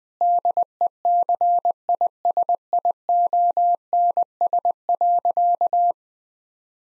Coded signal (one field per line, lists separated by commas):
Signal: Morse code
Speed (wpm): 21 wpm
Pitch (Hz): 700 Hz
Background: none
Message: DECISIONS.